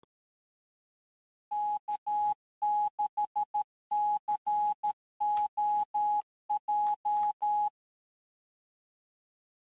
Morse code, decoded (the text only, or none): K6COJ